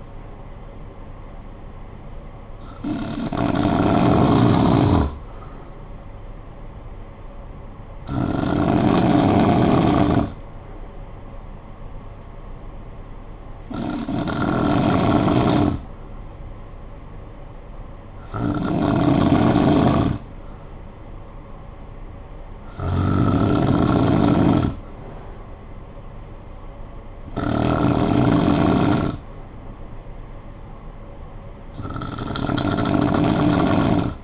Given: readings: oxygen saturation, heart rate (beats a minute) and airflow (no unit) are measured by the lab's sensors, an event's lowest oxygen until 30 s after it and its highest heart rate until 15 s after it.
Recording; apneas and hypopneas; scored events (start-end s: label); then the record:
breathing in sleep by a smartphone at the bedside; none
none scored
From the record:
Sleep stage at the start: N2 (light sleep); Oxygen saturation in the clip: 91 to 95%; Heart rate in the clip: 52 to 58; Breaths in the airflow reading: 7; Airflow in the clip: -11.7 to 7.1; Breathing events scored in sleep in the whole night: 445 in 7.6 hours asleep